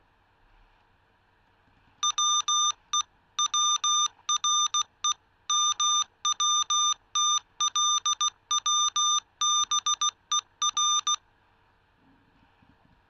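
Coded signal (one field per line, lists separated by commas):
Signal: Morse code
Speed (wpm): 16 wpm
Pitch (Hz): 1200 Hz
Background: none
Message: WE WRE MWTLWBER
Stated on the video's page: Morse generated by an Arduino Uno-based coder.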